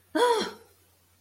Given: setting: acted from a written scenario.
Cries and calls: vocal sound without words; distress

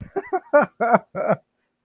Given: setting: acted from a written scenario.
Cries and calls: vocal sound without words; amusement

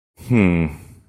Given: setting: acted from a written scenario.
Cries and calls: vocal sound without words; sympathy

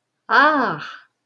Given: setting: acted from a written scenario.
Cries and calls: vocal sound without words; positive surprise

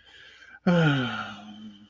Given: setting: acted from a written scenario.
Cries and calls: vocal sound without words; contempt

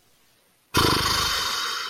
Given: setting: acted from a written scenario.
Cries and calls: vocal sound without words; anger

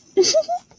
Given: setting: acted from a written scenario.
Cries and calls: vocal sound without words; adoration

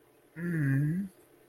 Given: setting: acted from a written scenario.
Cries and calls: vocal sound without words; sympathy

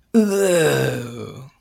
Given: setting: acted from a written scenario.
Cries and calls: vocal sound without words; disgust

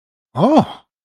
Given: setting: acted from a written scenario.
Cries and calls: vocal sound without words; interest

